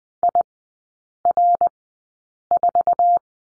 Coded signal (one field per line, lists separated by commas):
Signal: Morse code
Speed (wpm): 20 wpm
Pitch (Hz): 700 Hz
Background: none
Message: IR4